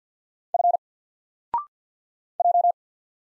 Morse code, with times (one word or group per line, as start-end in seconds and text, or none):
0.5-0.8 F
2.4-2.7 J